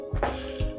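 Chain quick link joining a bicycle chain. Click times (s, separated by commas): 0.2 s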